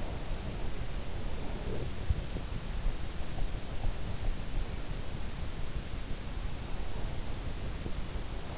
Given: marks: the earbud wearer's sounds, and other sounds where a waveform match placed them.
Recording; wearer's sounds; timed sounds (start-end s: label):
sounds in sleep by an in-ear microphone; breath
1.30-2.34 s: breath